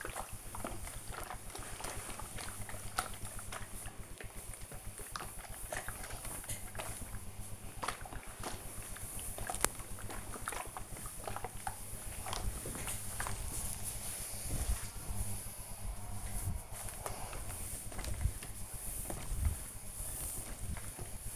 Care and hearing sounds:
household activities, microphone on the right wrist
0.00-21.35 s: ironing laundry

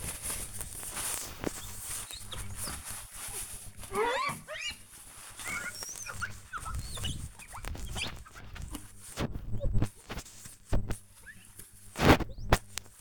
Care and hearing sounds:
household activities, microphone on the right wrist
0.00-13.01 s: window cleaning

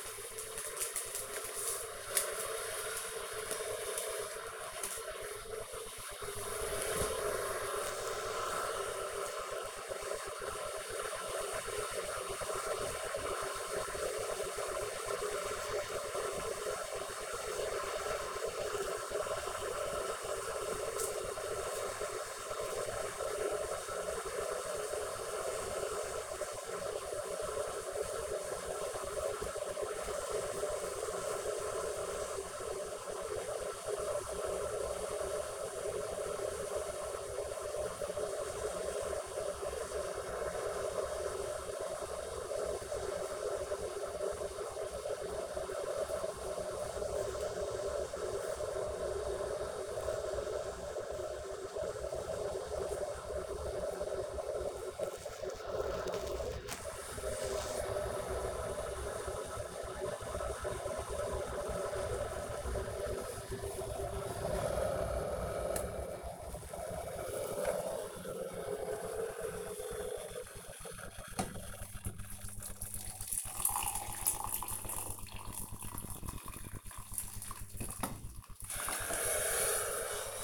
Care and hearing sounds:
household activities, microphone on the right wrist
0.00-80.43 s: making tea

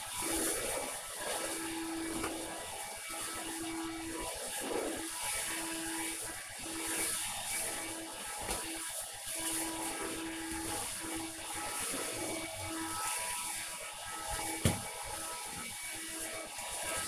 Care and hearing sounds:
household activities, microphone on the right wrist
0.00-17.08 s: vacuum cleaning

